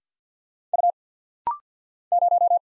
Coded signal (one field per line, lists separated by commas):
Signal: Morse code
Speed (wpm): 47 wpm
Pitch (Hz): 700 Hz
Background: none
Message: U 0